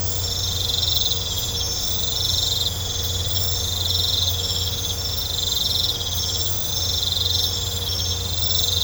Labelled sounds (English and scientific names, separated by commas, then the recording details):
none
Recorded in pastures near Puerto Asís, Putumayo, Colombia, on 20 December 2024 at 22:00
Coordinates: 0.502, -76.324
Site G077